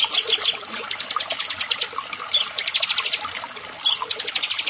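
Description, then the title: Prinia song of quick repeated high ticking notes in near-continuous runs, with a couple of short chirps mixed in. "Ciblek Sawah"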